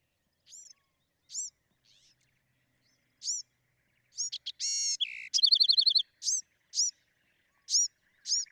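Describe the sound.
Bewick's wren, song: sparse spaced high chips, then a loud buzzy phrase and quick trill midway, followed by more sharp chips.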